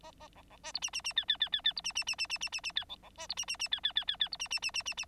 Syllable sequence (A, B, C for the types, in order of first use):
A A B B C D E E E F F F F F D E E E E E E E E F B B C D E E E F F F F F D E E E E E E